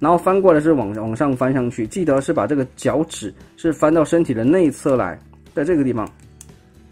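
Someone talks while transforming a plastic 52Toys Megabox MB10 Xenomorph Queen figure, pressing the folded foot and heel part of its leg into the head-crest section. At 6.4 s a sharp snap sounds as the peg clips into its hole and the foot tab seats in place.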